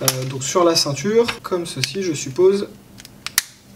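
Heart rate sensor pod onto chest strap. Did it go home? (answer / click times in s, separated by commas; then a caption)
yes / 3.4 s. Someone talks while a small heart rate sensor pod for the Suunto Spartan Ultra is pressed onto the studs of a fabric chest strap. A few faint clicks come just after 3.0 s, then a sharp snap at 3.4 s as the pod clips in and is seated on the strap.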